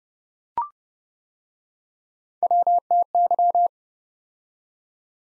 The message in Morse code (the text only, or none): WTY